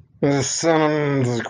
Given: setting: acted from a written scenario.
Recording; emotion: vocal sound without words; contempt